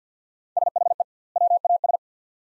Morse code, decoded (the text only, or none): SHE WAS